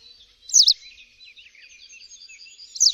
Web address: kurspttk Kurs materiały Przyroda Ptaki Pliszka siwa